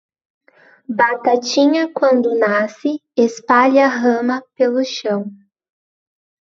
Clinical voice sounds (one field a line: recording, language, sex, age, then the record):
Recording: short text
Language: Brazilian Portuguese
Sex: female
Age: 20 to 29 years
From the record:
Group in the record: control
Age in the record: 20 years